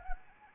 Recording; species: mosquito wingbeat signal from an infrared sensor; Anopheles arabiensis